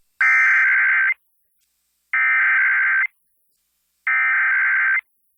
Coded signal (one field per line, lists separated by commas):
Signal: Emergency Alert System (SAME) tones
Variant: header bursts